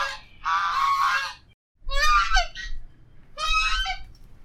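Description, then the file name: Goose giving loud, brassy honks, one long call followed by two shorter, broken honks, with a low rumble of background noise. "Con Ngong Va Con Vit"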